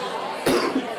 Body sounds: coughing mixed with background sound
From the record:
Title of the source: Coughing 77

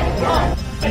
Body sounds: background sound without coughing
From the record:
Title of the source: Nightlife Party Simulating Party Club Noise 1 Hour

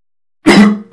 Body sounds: coughing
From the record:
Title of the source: Man Coughing Sound - Wet Cough Sound Effect

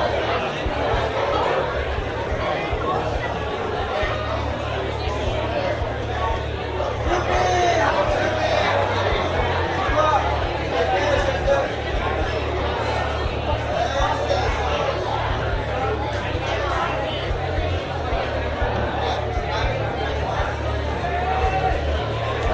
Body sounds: background sound without coughing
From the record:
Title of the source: CITY SOUNDS Busy Bar in the Evening Night - 2 HOURS of Ambiance for Relaxation

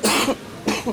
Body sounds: coughing mixed with background sound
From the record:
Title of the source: 61 morning phlegmy cough...again

